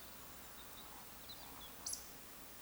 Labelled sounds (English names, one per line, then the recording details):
Eurasian Woodcock whistle
Eurasian Woodcock croak
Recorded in Baden-Württemberg, Germany, on 2 June 2020 at 19:43 UTC
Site 46190, 1214 m above sea level